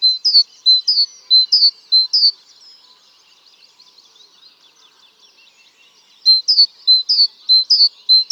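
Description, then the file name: Great tit repeating a high two-note whistled phrase about four times, a pause of a few seconds with faint chirps, then the phrase resumes four more times. "Parus major"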